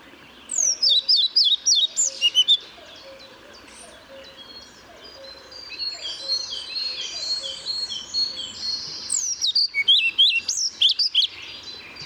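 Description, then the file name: European pied flycatcher song: a fast phrase of high, sweeping notes early on and another near nine seconds, with softer sounds in between. Recorded 1 May 2014 at Paehl. "Trauerschnaepper 01 05 2014 Paehl WM Michle Pron"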